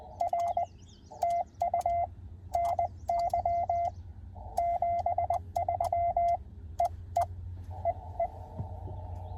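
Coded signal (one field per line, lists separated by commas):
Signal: Morse code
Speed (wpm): 20 wpm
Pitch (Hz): 690 Hz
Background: none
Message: R TU NY 73 EE EE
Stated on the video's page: CW Parks on the Air activation at a state park.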